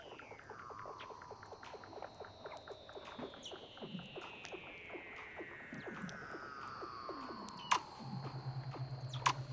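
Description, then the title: Weddell seal underwater calls: a long descending whistle gliding slowly downward, scattered clicks and chirps, and a low steady hum near the end. "Douglas Quin - Weddell Seals (Underwater)"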